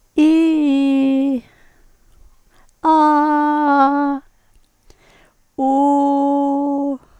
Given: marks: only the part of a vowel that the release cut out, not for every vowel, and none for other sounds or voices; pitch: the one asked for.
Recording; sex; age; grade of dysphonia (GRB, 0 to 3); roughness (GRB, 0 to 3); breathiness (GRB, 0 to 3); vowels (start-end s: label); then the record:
sustained vowels; female; 60 to 69 years; 0; 0; 0
0.27-0.89 s: vowel /i/, low-high-low pitch
2.96-3.99 s: vowel /a/, low-high-low pitch
5.66-6.63 s: vowel /u/, low-high-low pitch
From the record:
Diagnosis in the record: recurrent laryngeal nerve paralysis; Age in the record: 66 years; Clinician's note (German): Kompensiert, li